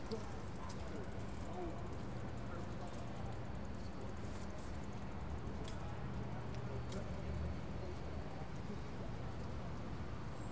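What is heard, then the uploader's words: Waiting cabs idle outside a station, their engines a steady low rumble that fills the whole clip. A few faint voices drift through, and brief clicks and knocks come and go in the background of a busy street. Departing Broadway Junction. Van Sinderen avenue traces the front of the building with dim lighting and an overgrown industrial lot beneath the tracks. A few cabs await the next batch of people to stream out of the station.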